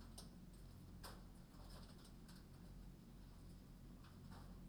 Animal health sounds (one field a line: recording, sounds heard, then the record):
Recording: poultry house recording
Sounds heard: no chicken sound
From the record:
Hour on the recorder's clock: 22